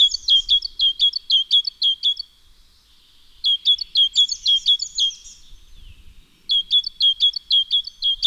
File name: Parus major